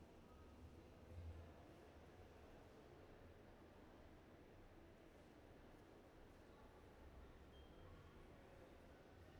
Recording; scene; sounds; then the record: everyday scene through a hearing-aid microphone; reverberant space; background noise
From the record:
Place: railway station hall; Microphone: behind the ear, right, rear